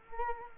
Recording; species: mosquito wingbeat signal from an infrared sensor; Culex quinquefasciatus